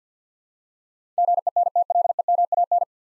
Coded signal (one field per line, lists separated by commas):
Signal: Morse code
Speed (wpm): 48 wpm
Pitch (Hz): 700 Hz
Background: none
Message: GENTLEMAN